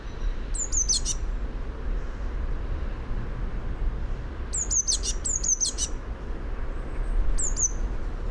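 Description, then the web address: Eurasian blue tit with high, sibilant notes followed by quick trilled tinkles, sung in separated bursts against a low rumbling background. "fugl b-mejse"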